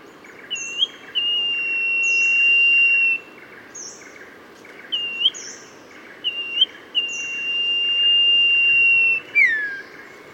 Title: Kicau Kacer